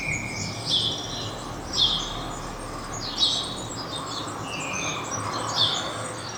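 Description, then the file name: House sparrow calls: several sharp chirps at uneven intervals, with fainter lower notes between them, over steady background noise. "Passer domesticus"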